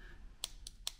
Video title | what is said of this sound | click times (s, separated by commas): Range Rover Sport L494 Can't Select Gear - Strip Down & FIX - Replace Selector Knob Button | well that just clicked back in there you go | 0.4 s, 0.9 s